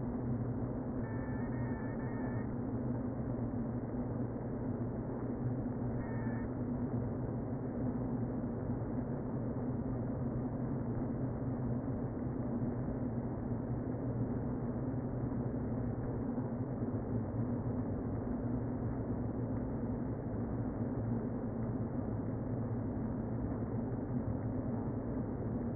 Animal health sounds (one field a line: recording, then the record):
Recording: honeybee colony, microphone inside the hive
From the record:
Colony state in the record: queen present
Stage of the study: before two queens were removed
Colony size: about 60,000 bees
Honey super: yes